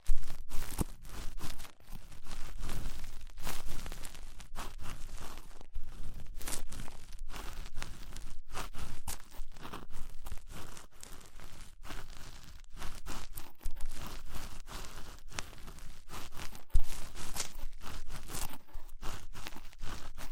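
Ear cleaning sounds with rhinestone and clay removal: dense, continuous scratching, crinkling and tearing textures that never pause. Bright, crisp flicks and pops land every fraction of a second, irregularly, over a low rumbling undertone, with occasional louder sharp bursts.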